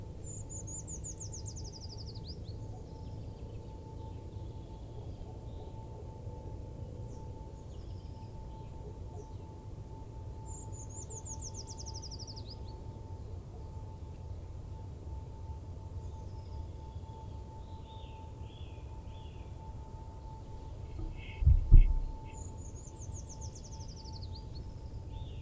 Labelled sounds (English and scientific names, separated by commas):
Eurasian Nuthatch (Sitta europaea) song